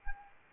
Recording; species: mosquito wingbeat signal from an infrared sensor; Anopheles arabiensis